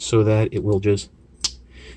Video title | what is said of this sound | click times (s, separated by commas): Transformers Buzzworthy Bumblebee Origin Bumblebee | snap into place | 1.4 s